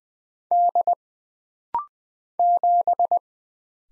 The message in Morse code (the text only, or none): D 7